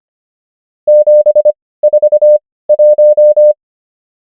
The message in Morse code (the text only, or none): 741